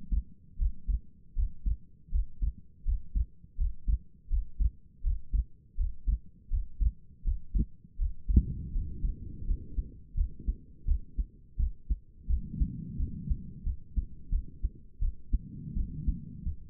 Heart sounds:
heart sounds by stethoscope; 83 bpm
0.58 s: heartbeat
1.35 s: heartbeat
2.11 s: heartbeat
2.84 s: heartbeat
3.57 s: heartbeat
4.29 s: heartbeat
5.03 s: heartbeat
5.76 s: heartbeat
6.50 s: heartbeat
7.24 s: heartbeat
7.98 s: heartbeat
8.72 s: heartbeat
9.45 s: heartbeat
10.15 s: heartbeat
10.85 s: heartbeat
11.57 s: heartbeat
12.27 s: heartbeat
12.97 s: heartbeat
13.64 s: heartbeat
14.30 s: heartbeat
15.00 s: heartbeat
15.75 s: heartbeat
16.44 s: heartbeat
From the record:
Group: healthy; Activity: breath hold 0-9 s, rest 9-17 s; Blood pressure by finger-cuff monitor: 87/58 mmHg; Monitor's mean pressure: 67 mmHg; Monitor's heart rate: 82 bpm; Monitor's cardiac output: 6.2 L/min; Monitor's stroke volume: 75 mL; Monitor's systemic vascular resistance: 790 dyn s/cm5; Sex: female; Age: 22 years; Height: 163 cm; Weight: 67.1 kg

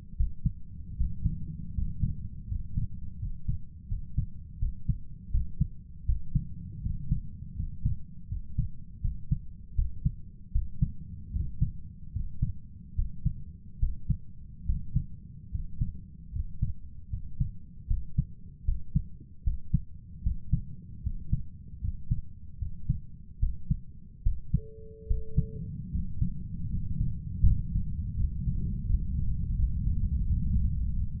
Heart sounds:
heart sounds by stethoscope; 78 bpm
0.16 s: heartbeat
0.96 s: heartbeat
1.73 s: heartbeat
2.47 s: heartbeat
3.18 s: heartbeat
3.87 s: heartbeat
4.58 s: heartbeat
5.30 s: heartbeat
6.05 s: heartbeat
6.81 s: heartbeat
7.55 s: heartbeat
8.28 s: heartbeat
9.00 s: heartbeat
9.74 s: heartbeat
10.51 s: heartbeat
11.31 s: heartbeat
12.12 s: heartbeat
12.94 s: heartbeat
13.78 s: heartbeat
14.65 s: heartbeat
15.50 s: heartbeat
16.31 s: heartbeat
17.09 s: heartbeat
17.86 s: heartbeat
18.64 s: heartbeat
19.43 s: heartbeat
20.22 s: heartbeat
21.02 s: heartbeat
21.80 s: heartbeat
22.57 s: heartbeat
23.38 s: heartbeat
24.22 s: heartbeat
25.06 s: heartbeat
25.90 s: heartbeat
26.69 s: heartbeat
27.43 s: heartbeat
28.15 s: heartbeat
28.85 s: heartbeat
29.54 s: heartbeat
30.23 s: heartbeat
30.91 s: heartbeat
From the record:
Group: healthy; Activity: rest 0-26 s, breath hold 26-31 s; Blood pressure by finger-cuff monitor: 89/60 mmHg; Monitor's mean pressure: 68 mmHg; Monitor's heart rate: 77 bpm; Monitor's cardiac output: 6.5 L/min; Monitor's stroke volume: 86 mL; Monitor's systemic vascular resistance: 720 dyn s/cm5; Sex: male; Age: 23 years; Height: 178 cm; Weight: 96.6 kg

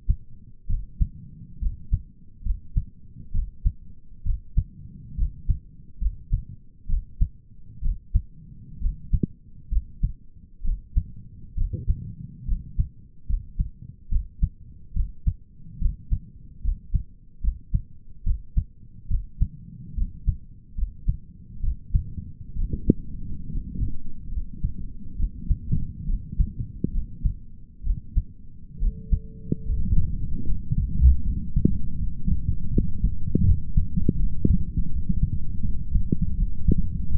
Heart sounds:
heart sounds by stethoscope; 71 bpm
0.69 s: heartbeat
1.61 s: heartbeat
2.45 s: heartbeat
3.34 s: heartbeat
4.25 s: heartbeat
5.18 s: heartbeat
6.01 s: heartbeat
6.89 s: heartbeat
7.83 s: heartbeat
8.81 s: heartbeat
9.72 s: heartbeat
10.65 s: heartbeat
11.57 s: heartbeat
12.48 s: heartbeat
13.28 s: heartbeat
14.11 s: heartbeat
14.96 s: heartbeat
15.81 s: heartbeat
16.64 s: heartbeat
17.43 s: heartbeat
18.26 s: heartbeat
19.10 s: heartbeat
19.97 s: heartbeat
20.77 s: heartbeat
21.63 s: heartbeat
22.56 s: heartbeat
23.50 s: heartbeat
24.32 s: heartbeat
25.17 s: heartbeat
26.07 s: heartbeat
26.93 s: heartbeat
27.85 s: heartbeat
28.81 s: heartbeat
29.66 s: heartbeat
30.46 s: heartbeat
31.25 s: heartbeat
32.00 s: heartbeat
32.73 s: heartbeat
33.46 s: heartbeat
34.19 s: heartbeat
34.92 s: heartbeat
35.64 s: heartbeat
36.37 s: heartbeat
37.11 s: heartbeat
From the record:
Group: healthy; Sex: male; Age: 22 years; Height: 181 cm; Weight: 79 kg

